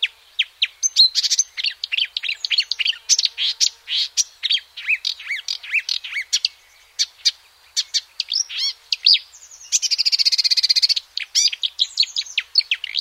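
Marsh warbler song: a fast, varied stream of scratchy chirps, trills and whistled notes with a buzzy rattling burst late in the song, continuing without pause.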